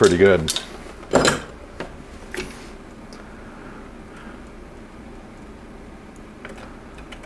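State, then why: Not seated. Someone talks briefly while a bicycle tire on a Gary Fisher Mamba is inflated with a chuck on the valve to pop its bead onto the wheel rim, with a few faint short taps and clicks in a quiet background. The bead has not seated yet; one spot on it is still not seated.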